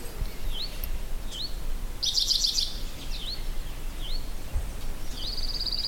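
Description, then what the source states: Hutton's vireo song: short upslurred whistled notes repeated several times, with a brief buzzy trill from another bird midway and a thin high trill near the end. From April 19; song rendered as a repeated 'jui, jui, jui'.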